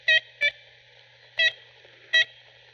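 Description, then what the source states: Ivory-billed Woodpecker calls: four short, nasal, horn-like toots, a quick pair followed by two well-spaced single notes, over a faint low hum. Distinctive call, played again; audio recorded far off by Cornell Lab, so pitch slightly different; still disputed.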